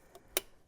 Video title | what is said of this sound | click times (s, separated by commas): M2 charge pipe install gone wrong... | The spring should snap into place like it did. | 0.4 s